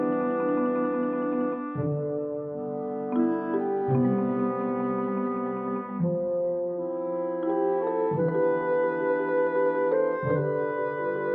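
Soundtrack music of long, sustained chords that change roughly every two seconds, holding an even loudness over warm, low bass notes.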